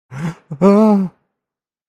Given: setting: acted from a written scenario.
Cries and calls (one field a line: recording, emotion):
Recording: vocal sound without words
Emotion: fear